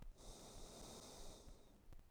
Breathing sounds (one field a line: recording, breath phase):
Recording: one breath near a microphone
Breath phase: exhalation